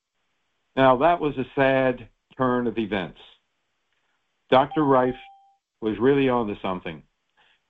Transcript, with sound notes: Now, that was a sad turn of events. Dr. Rife (bell dings) was really onto something,